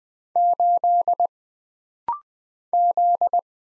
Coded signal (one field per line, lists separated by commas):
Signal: Morse code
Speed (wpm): 21 wpm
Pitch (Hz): 700 Hz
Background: none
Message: 8 Z